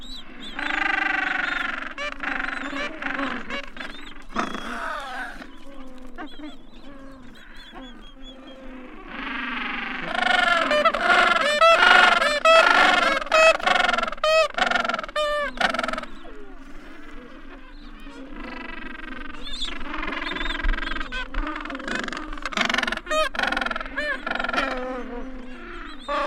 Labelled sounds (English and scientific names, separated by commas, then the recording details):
Gentoo Penguin (Pygoscelis papua) call
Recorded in the wild
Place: Yankee Harbour, Antarctica, AQ
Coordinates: -62.31, -59.46
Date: 2019-01-02
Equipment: Olympus LS-100, Sennheiser ME66
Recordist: Beaulieu, Michaël
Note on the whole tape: In Kolonie von Eselspinguinen. Küken